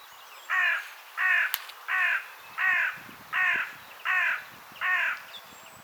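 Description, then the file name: Carrion crow giving a series of seven harsh, downward-slurred caws, evenly spaced about two-thirds of a second apart, over faint low background rumble. "Corvus corone"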